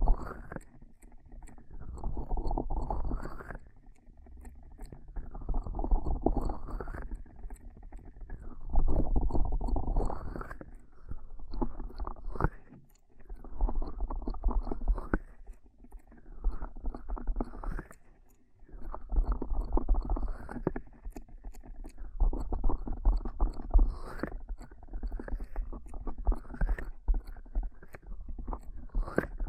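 Ear cupping triggers: hands cupping and releasing over the microphone in repeated muffled, low whooshing swells, each lasting a second or two with brief quiet gaps between. The rhythm stays fairly regular throughout, with faint crackly rubbing sounds underneath.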